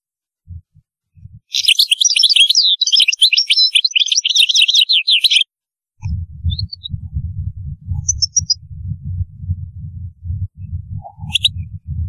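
European goldfinch song, a fast tinkling run of twittering notes for about four seconds, then a steady low rumbling noise with a few faint chirps.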